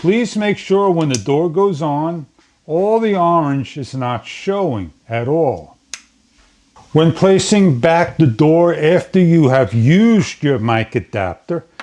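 The plastic side door of an action camera is pushed back onto the body at its hinge and snaps into place with a sharp click at 5.9 s. The door is seated and locked, with no orange showing. Someone talks before and after the click.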